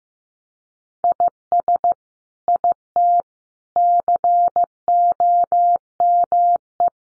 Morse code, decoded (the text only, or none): IS IT COME